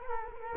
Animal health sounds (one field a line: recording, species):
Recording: mosquito wingbeat signal from an infrared sensor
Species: Culex quinquefasciatus